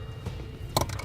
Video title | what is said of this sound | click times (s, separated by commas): Mount: Roadmaster Brake-Lite Relay Kit for Towed Vehicles on a 2014 Jeep Wrangler Unlimited | it in until it clicks here | 0.8 s